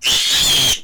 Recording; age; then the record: pig call; piglet (1 to 25 days)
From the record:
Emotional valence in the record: negative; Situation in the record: restrain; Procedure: sham castration, cut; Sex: male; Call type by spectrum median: high-frequency call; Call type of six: high-frequency modulated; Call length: 0.84 s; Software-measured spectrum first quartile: 3079 Hz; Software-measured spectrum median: 4025 Hz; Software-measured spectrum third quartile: 6514 Hz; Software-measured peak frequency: 3227 Hz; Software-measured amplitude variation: 81 dB a second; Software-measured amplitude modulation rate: 17.3 a second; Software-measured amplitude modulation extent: 4.7 dB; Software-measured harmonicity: 2.9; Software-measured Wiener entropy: -1.83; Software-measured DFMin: 1341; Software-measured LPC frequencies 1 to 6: 802, 1935, 3262, 5383, 6304, 7055 Hz